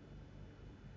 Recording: background sound without coughing